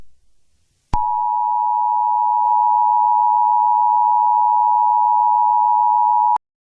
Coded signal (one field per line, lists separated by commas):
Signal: Emergency Alert System (SAME) tones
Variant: 853 and 960 Hz attention tone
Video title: EAS Scenario- The American Riots